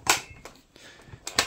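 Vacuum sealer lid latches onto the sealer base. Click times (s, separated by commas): 0.1 s, 1.4 s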